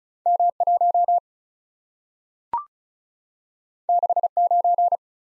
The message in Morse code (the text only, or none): M1 69